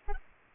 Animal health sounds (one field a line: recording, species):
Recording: mosquito wingbeat signal from an infrared sensor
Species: Aedes albopictus